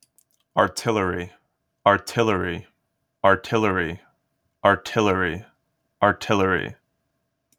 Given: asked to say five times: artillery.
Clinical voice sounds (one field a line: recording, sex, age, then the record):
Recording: repeated word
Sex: male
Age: 20 to 29 years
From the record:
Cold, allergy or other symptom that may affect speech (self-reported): no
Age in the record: 22 years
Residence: New Jersey, United States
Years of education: 16